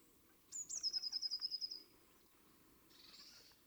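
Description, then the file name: Eurasian blue tit song: one or two thin high introductory notes, then a rapid, even trill of about a dozen notes, followed by a soft buzzy rasp. "Cyanistes caeruleus"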